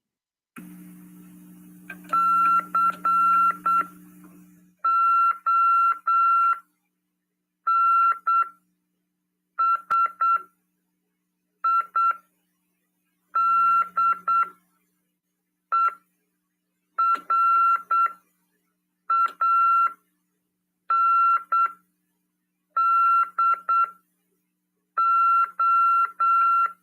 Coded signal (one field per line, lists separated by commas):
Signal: Morse code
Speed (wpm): 8 wpm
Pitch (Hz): 1360 Hz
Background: none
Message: CONSIDERANDO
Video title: RADIOAMADOR "TVCRASP" 1ªED. 25/8/2022 "SETEMBRO: CW, COM. RODADA e LEGISLAÇÃO" PY2EXU PAULO SP/SP